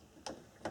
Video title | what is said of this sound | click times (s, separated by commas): Wiring Small Garage Circuit - Pt 1 of 2 | snap the breaker in there, | 0.3 s